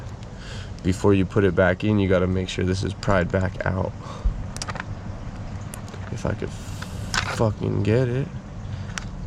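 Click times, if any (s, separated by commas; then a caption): 9.0 s. Someone talks while pushing a plastic motor wiring connector, its locking clip pried back out so it locks into place, into its socket on the controller of a Razor electric quad being upgraded to 1000 watts. After a struggle with a few sharp handling knocks around 4.6 to 6.1 seconds, a single sharp click at 9.0 seconds confirms the connector has seated.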